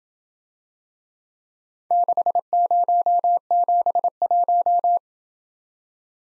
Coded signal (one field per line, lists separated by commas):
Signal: Morse code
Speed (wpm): 27 wpm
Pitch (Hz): 700 Hz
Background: none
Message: 6071